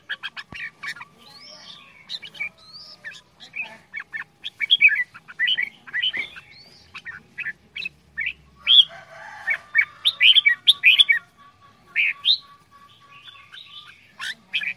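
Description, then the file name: Red-whiskered bulbul song: many rapid, jumbled whistled and chirping notes, quieter at first and growing louder and busier toward the middle. Quảng Ngãi, Vietnam; 'che dao' singing style, described as frantic. "tieng chao mao quang ngai che dao giong dien cuong"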